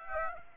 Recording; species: mosquito wingbeat signal from an infrared sensor; Aedes aegypti